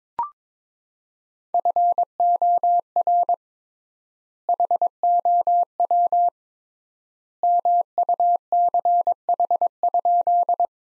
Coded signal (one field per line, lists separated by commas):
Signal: Morse code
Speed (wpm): 22 wpm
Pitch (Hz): 700 Hz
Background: none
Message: FOR HOW MUCH?